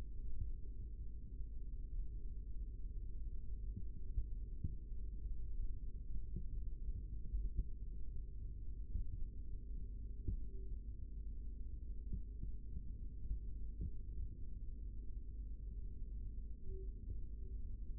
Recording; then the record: forearm muscle sounds (acoustic myography)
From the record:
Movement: rest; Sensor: system 3, bracelet of six PUI Audio POM-2738L microphones around the upper forearm, with dedicated amplification and filtering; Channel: 5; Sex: male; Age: 25 years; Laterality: right